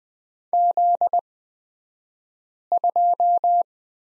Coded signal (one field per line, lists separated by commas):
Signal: Morse code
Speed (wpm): 20 wpm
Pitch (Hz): 700 Hz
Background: none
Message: Z2